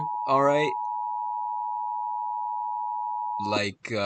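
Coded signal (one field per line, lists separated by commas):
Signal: Emergency Alert System (SAME) tones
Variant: 853 and 960 Hz attention tone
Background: speech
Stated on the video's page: Fictional EAS scenario tones.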